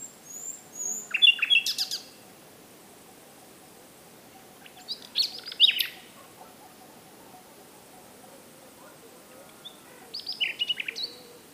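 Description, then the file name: Common nightingale singing three short, high phrases of sharp chirps and rapid notes, each about a second long, separated by pauses of several seconds. "Luscinia megarhynchos"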